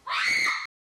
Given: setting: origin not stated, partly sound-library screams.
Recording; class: one-second piece from a danger detection set; woman in danger